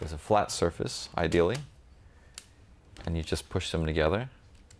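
Someone talks while two plastic Kato N-scale track sections with concrete-tie roadbed, from the Double Track Set V11 Variation, are handled on a flat surface to be pushed together end to end. A couple of faint, brief ticks sound between the phrases, but the joiners have not engaged: nothing has seated or clicked yet.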